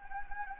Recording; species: mosquito wingbeat signal from an infrared sensor; Anopheles gambiae